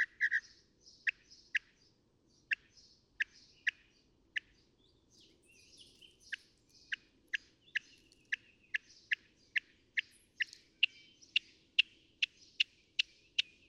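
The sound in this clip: Northern mockingbird song, a long series of sharp, clipped chip notes that start sparse and come faster and louder toward the end.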